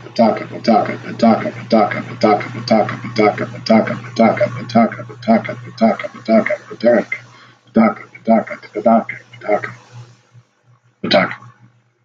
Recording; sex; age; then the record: repeated syllables /pa ta ka/; male; 40 to 49 years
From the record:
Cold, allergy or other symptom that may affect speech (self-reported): no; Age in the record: 40 years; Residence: Ohio, United States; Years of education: 12